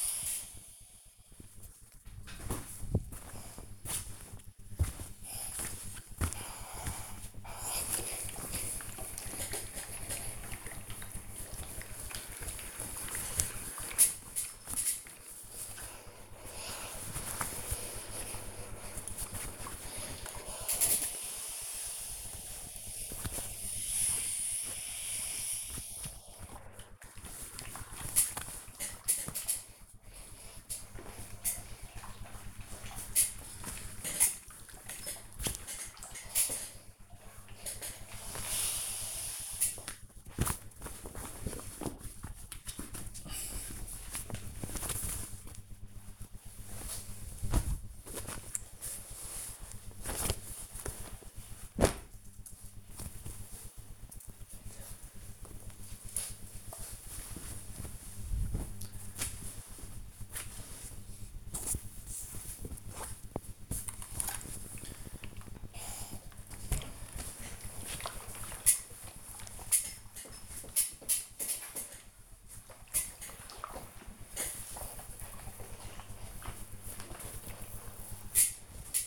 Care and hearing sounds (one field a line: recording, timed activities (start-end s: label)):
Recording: household activities, microphone on the right wrist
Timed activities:
0.00-52.50 s: ironing laundry
67.62-79.07 s: ironing laundry